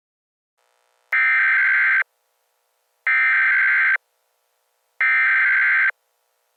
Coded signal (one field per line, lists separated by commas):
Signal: Emergency Alert System (SAME) tones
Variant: header bursts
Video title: EAS Scenario: Sentient Appliances